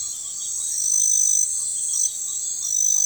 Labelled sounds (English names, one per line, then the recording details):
none
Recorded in forest near Pivijay, Magdalena, Colombia, on 15 April 2023 at 01:00
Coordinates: 10.467, -74.380
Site Z5-G034